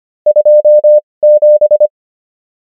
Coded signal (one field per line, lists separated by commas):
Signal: Morse code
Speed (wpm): 25 wpm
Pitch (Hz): 600 Hz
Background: none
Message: 27